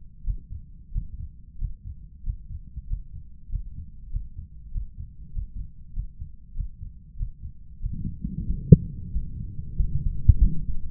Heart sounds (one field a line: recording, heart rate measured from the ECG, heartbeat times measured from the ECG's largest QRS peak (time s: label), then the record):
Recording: heart sounds by stethoscope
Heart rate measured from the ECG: 95 bpm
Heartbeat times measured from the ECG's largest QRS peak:
0.23 s: heartbeat
0.91 s: heartbeat
1.57 s: heartbeat
2.22 s: heartbeat
2.86 s: heartbeat
3.48 s: heartbeat
4.09 s: heartbeat
4.70 s: heartbeat
5.31 s: heartbeat
5.92 s: heartbeat
6.53 s: heartbeat
7.15 s: heartbeat
7.79 s: heartbeat
8.44 s: heartbeat
9.11 s: heartbeat
9.75 s: heartbeat
10.38 s: heartbeat
From the record:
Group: healthy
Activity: Valsalva maneuver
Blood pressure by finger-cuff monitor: 121/91 mmHg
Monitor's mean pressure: 99 mmHg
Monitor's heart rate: 95 bpm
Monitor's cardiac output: 5.4 L/min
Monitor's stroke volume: 57 mL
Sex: male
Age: 35 years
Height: 178 cm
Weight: 64 kg